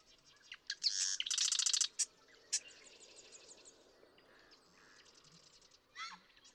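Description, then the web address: Marsh Wren song: a short rapid rattling trill with a few scattered clicks and chips, over steady background noise. "birdsongforthecurious Marsh Wren"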